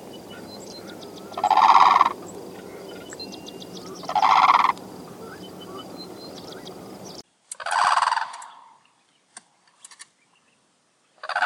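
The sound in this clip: Bird giving harsh rattling bursts, two over a steady low hum, then another after an abrupt drop to silence, with faint clicks and a further burst starting at the end.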